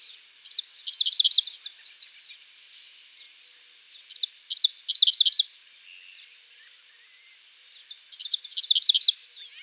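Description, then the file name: Dickcissel singing three phrases, each a few sharp notes then a rapid run of buzzy notes, separated by pauses of about three seconds. "Spiza americana - Dickcissel"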